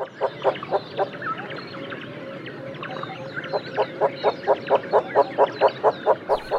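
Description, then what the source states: Von der Decken's hornbill calling: a few hollow clucking notes, a pause, then a louder rapid run of them toward the end. Very conspicuous bird, audible from far away; its call described as a giggling sound.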